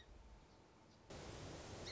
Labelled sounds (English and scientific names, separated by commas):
Song Sparrow (Melospiza melodia)